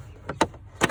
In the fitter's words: Alright, so you heard the cover snap.